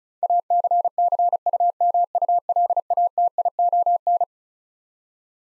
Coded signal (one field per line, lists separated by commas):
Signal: Morse code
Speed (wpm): 36 wpm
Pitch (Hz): 700 Hz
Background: none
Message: ACCUMULATION